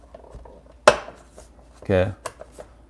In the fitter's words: you're gonna hear the clicking noise